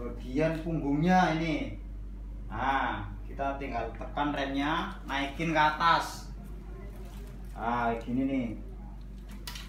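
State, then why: Seated. A man talks while pressing down the folding frame of a GEA FS868L aluminium travel wheelchair as he unfolds it. A sharp click at 9.5 s is the frame lock snapping shut, and the frame locks automatically.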